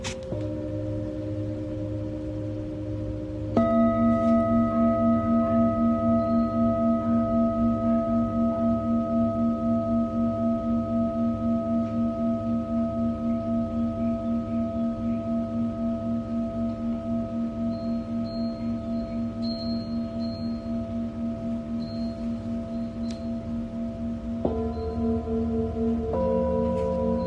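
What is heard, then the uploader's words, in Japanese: A Tibetan singing bowl hums with long, slowly pulsing tones, struck anew around four seconds and again near twenty-five, bringing new pitches. チベタンシンキングボールのサウンドヒーリング。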